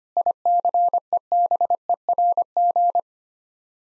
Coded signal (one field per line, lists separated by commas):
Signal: Morse code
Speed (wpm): 25 wpm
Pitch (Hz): 700 Hz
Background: none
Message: ICEBERG